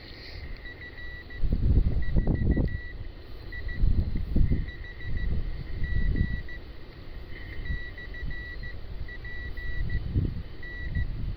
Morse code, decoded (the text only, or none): FEUIHG/P N